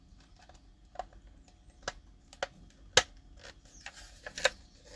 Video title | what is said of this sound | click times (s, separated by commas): G.I. JOE HISS III BUILD | Snaps onto the peg here onto the front. | 3.0 s